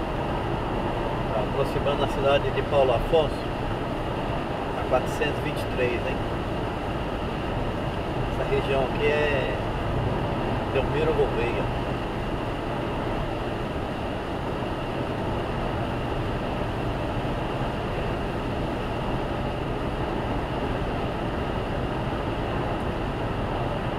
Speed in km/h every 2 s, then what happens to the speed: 123, 123, 123, 125, 126, 125, 125, 127, 127, 128, 128, 126.
0-24 steady at about 125.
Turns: none.